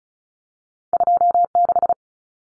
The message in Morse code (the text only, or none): 26